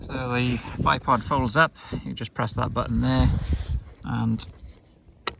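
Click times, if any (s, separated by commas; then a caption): 5.3 s. Someone talks while pressing the release button on the bipod of a BRK Ghost Plus .22 air rifle and folding the leg up. At 5.3 s the bipod leg locks into its folded position with a single sharp click.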